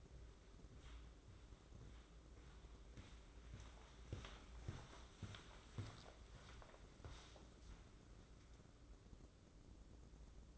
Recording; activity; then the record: daily activity, microphone in the room; walk to room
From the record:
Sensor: 3